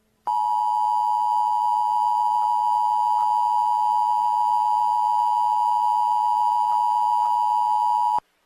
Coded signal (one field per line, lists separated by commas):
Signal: Emergency Alert System (SAME) tones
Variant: 853 and 960 Hz attention tone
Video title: The Storm From Hell - An EAS Scenario